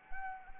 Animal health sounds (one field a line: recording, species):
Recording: mosquito wingbeat signal from an infrared sensor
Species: Anopheles arabiensis